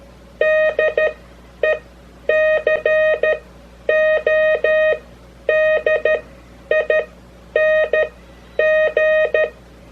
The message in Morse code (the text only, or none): DECODING